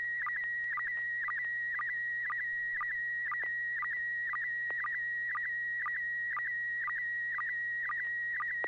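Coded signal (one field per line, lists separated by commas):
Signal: SSTV (slow-scan television)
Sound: steady high warbling tone with rhythmic short low blips about twice a second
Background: low hum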